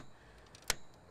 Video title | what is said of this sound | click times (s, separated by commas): How to install new ram into your desktop simple and easy to do | see how they just clipped in like that it's just really that simple | 0.5 s, 0.7 s